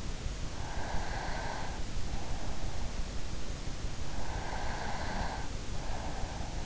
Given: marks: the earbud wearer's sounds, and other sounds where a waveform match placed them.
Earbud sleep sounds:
sounds in sleep by an in-ear microphone; breath
0.49-2.09 s: breath
4.38-6.66 s: breath

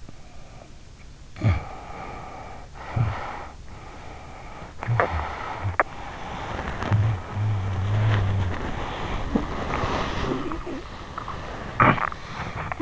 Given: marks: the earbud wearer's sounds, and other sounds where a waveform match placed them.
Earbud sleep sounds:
sounds in sleep by an in-ear microphone; snoring breath, body movement, talking in sleep
0.00-3.63 s: snoring breath
3.66-5.84 s: snoring breath
5.90-8.58 s: snoring breath
6.03-12.82 s: body movement
11.70-12.05 s: talking in sleep

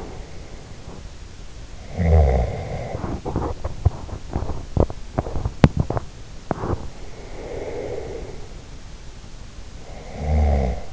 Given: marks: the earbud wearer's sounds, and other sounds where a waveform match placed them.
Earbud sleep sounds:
sounds in sleep by an in-ear microphone; body movement, snoring breath, breath
0.00-6.87 s: body movement
1.89-2.94 s: snoring breath
7.16-8.50 s: breath
9.84-10.93 s: snoring breath

